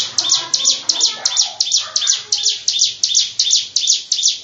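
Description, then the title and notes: Bird chirping steadily with sharp, high notes, close to three each second. "Bird Sound. Kicau Burung Lengkap"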